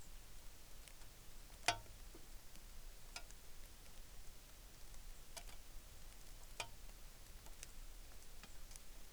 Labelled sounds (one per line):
rain